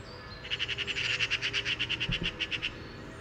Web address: SETE data Pica pica